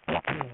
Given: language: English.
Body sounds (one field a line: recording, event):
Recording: throat vibration sensor signal played as sound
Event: throat clearing